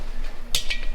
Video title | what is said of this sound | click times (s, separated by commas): #7 - CRAZY !!! 128" BIG BORE KIT ROAD GLIDE GOING BACK TOGETHER | snap in there yeah i | 0.6 s